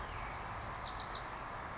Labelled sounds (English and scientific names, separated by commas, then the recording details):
Bewick's Wren (Thryomanes bewickii)
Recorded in Sonoma County, California